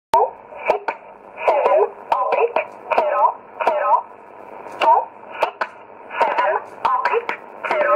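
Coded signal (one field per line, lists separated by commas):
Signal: numbers station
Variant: E11 Oblique, English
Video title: 07 08 2017 Numbers station E11 Oblique in English to Eu 0747 on 9610 in USB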